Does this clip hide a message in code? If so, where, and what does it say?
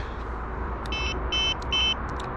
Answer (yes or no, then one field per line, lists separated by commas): no